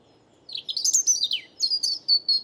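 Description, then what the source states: European robin song: a dense, tumbling run of thin high whistles and trills with rapid pitch changes, briefly broken near the middle. First autumn song of the season; Bois de Vincennes; calm, windless, cloudless morning, 30 September 2018; Nagra recorder with mono parabolic microphone.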